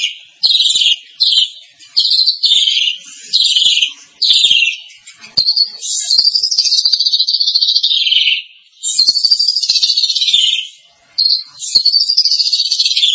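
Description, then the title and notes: Starling singing a run of short, harsh bursts, then longer wavering phrases, with brief gaps between phrases. "suara burung jalak"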